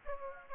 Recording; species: mosquito wingbeat signal from an infrared sensor; Aedes aegypti